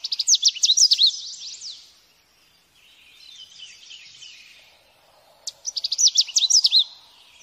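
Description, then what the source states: Lovebird chatter, bursts of shrill high squeaks and chirps at start and end with softer twittering between. Call used as a lure to attract lovebirds.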